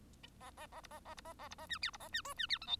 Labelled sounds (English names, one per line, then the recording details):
Bengalese Finch song
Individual Bird1